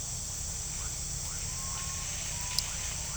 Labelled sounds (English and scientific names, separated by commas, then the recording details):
none
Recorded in pastures near Puerto Asís, Putumayo, Colombia, on 22 December 2024 at 18:30
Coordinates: 0.497, -76.327
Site G088